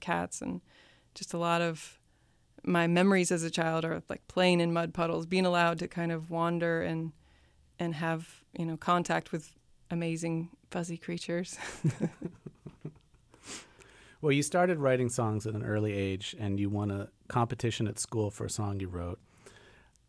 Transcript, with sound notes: We had cats. And just a lot of my memories as a child are of, like, playing in mud puddles, being allowed to kind of wander and have, you know, contact with amazing fuzzy creatures.
(LAUGHTER)
Well, you started writing songs at an early age. And you won a competition at school for a song you wrote.